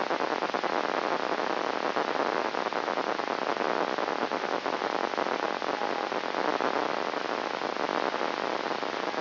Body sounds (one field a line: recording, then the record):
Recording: brain microelectrode recording played as sound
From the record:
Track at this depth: inside the subthalamic nucleus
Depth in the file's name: 2.503 mm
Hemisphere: left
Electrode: 2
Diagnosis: Parkinson's disease